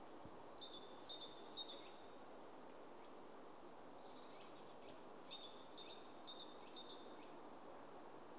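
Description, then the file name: Great tit calls: quick runs of high, thin, evenly spaced notes, paired in pitch, repeated throughout over a heavy rushing noise. "Parus major"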